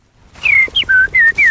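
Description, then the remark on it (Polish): A person whistles an imitation of blackbird song: five short, clear, high phrases in quick succession, most gliding slightly downward in pitch, with brief pauses between them and no talking. “Kosy lubią ze mną bardzo często rozmawiać.”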